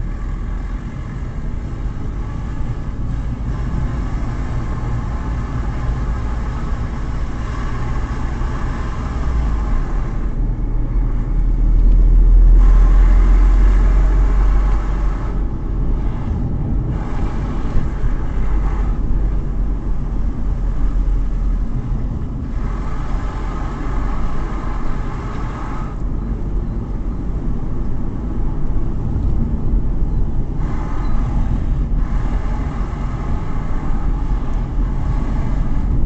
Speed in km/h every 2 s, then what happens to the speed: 26, 28, 27, 28, 29, 30, 35, 32, 34, 34, 35, 36, 37, 39, 36, 31, 31, 32.
0-25 speeds up to 39. 25-29 slows to 31. 29-36 steady at about 31.